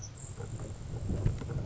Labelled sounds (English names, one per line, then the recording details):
Grasshopper Sparrow
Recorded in Sonoma County, California